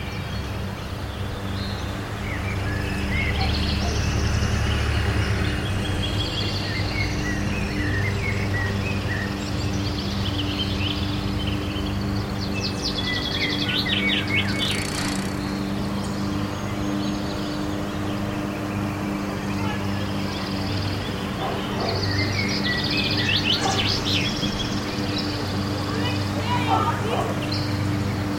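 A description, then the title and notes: Birds chirp off in the distance over a steady low hum that runs the whole time, with a deeper rumble swelling near the start and again near the end. Short bright calls come in scattered bursts, busiest around fifteen and twenty-four seconds. Lazy Summer Afternoon Park Ambience | Neighborhood Soundscape.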